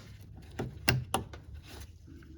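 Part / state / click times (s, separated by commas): wiring harness connector onto headlight bulb base / seated / 0.9 s, 1.1 s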